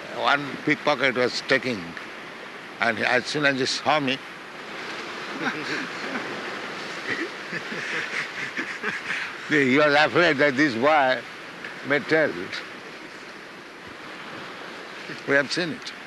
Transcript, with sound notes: one pickpocket was taking, and as soon as he saw me... [laughter] [laughs] He was afraid that "This boy may tell." We have seen it.